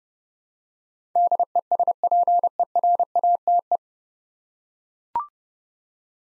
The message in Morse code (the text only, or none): DESPERATE